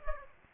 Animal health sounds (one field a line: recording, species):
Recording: mosquito wingbeat signal from an infrared sensor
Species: Aedes aegypti